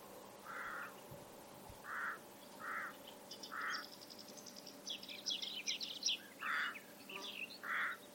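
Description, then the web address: Bird calls, six short, hoarse, pulsed notes repeated at irregular intervals, with high twittering chirps from other birds or insects partway through. "Deverinetal 2025 File origin Bird Only"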